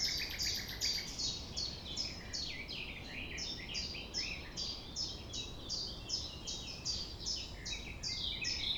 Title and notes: 6 A.M. Lever du soleil non loin de la Thève au Champ de Ménage. Le rossignol n'attend pas le silence.